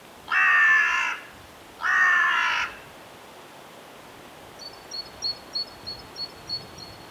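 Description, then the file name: Carrion crow uttering two harsh, drawn-out caws, followed by a series of faint high chirps. "Corvus corone"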